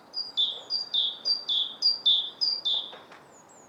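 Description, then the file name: Great tit delivering about six clear two-syllable phrases, a short high note then a longer lower one, repeated rhythmically. "Parus major"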